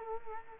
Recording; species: mosquito wingbeat signal from an infrared sensor; Culex quinquefasciatus